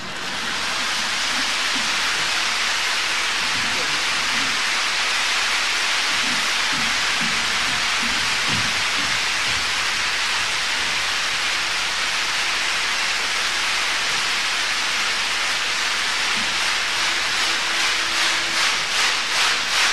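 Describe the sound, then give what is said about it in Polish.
Dense, sustained applause after a performance in a song contest, lasting over a minute, roars steadily for the whole stretch, a loud continuous wash of clapping that begins to fall into a rhythmic, unison beat near the end. No one speaks. “Oklaski trwały ponad minutę po występie”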